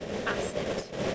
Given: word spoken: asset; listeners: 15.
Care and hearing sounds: one English word in noise, from a listening test; noise modulated by three-talker babble; -5.9 dB; 2 of 15; 9 of 15; 0.75 s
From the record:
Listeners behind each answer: 9, 2, 1, 1, 1, 1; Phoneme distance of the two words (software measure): 20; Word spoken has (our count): 2 syllables, 4 phonemes, stress on syllable 1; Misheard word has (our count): 2 syllables, 4 phonemes, stress on syllable 1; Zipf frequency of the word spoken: 3.82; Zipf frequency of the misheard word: 4.01

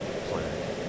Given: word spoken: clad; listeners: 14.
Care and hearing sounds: one English word in noise, from a listening test; speech-shaped noise; -6.2 dB; 1 of 14; 6 of 14; 0.49 s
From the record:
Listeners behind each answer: 6, 3, 1, 1, 1, 1, 1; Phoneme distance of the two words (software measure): 20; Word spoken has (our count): 1 syllable, 4 phonemes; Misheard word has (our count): 1 syllable, 4 phonemes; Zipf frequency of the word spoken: 3.32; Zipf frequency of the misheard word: 5.20

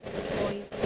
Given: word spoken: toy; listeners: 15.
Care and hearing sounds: one English word in noise, from a listening test; noise modulated by three-talker babble; -3.8 dB; 0 of 15; 12 of 15; 0.46 s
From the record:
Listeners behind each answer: 12, 1, 1, 1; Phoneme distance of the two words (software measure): 24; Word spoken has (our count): 1 syllable, 2 phonemes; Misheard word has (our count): 1 syllable, 4 phonemes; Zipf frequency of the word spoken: 4.39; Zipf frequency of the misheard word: 5.60

